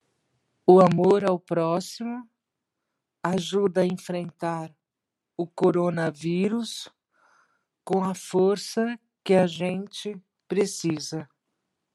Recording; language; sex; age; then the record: spoken sentence; Brazilian Portuguese; female; 50 to 59 years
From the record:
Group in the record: control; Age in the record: 58 years